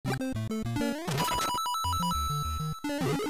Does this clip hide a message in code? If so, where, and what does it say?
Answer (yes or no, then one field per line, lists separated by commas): no